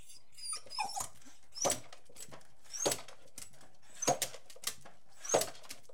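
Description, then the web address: Beagle giving sharp, high-edged barks roughly every second, with rustling and thumping sounds between them. Beagle barking, whining and jumping. "The BBC Sound Effects Library. Beagle barking, whining, and jumping"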